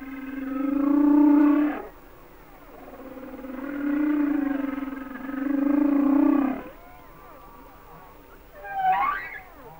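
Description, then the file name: Humpback whale song with long, steady, harmonic moans held for a few seconds each, separated by faint swooping cries, ending in a short rising squeal. "Sounds of Nature - Humpback Whales"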